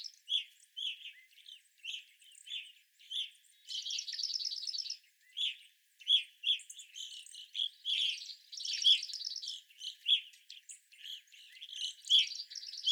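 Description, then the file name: Evening grosbeak flock calls, loud chirps repeated steadily, with bursts of higher buzzy chattering. Several evening grosbeaks, recorded on 25 April 2021. "2021-04-25 Evening Grosbeaks"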